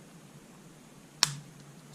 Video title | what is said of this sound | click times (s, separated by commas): HBX PROTECTOR Tutorial Servo Saver, Steering Posts, Steering Ackerman Plate Replacement | it over top there a little pressure and I'll snap right into place | 1.2 s